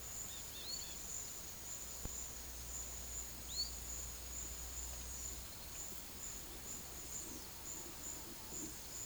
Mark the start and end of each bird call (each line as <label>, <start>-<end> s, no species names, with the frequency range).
bird call (1.8-4.7 kHz), 0.20-1.02 s
bird call (2.0-4.9 kHz), 3.38-3.82 s